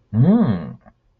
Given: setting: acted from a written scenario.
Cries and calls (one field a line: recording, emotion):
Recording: vocal sound without words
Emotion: interest